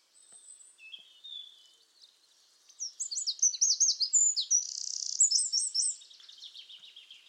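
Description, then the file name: Eurasian wren singing: faint scattered high notes first, then an energetic outpouring of shrill trills, a fast buzzy rattle in the middle, and tumbling chirps fading at the end. "Troglodytes troglodytes"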